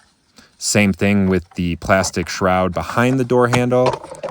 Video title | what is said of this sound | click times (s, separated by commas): How To Replace Window Regulator & Motor 2005-2021 Nissan Frontier Xterra D40 Driver Window Stuck | give it a good tap, and it clicks right back into place. | 0.4 s